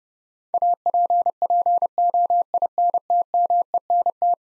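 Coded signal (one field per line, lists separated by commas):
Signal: Morse code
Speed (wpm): 30 wpm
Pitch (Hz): 700 Hz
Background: none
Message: APPOINTMENT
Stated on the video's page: Eleven-letter words sent at 30 wpm for head-copy practice, each word sent twice.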